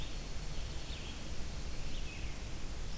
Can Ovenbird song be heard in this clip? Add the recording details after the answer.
no. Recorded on 23 June 2016 at 05:56. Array SBT-6-76